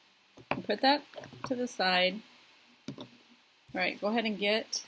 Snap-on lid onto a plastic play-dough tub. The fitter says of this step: push down on the center until you can hear it click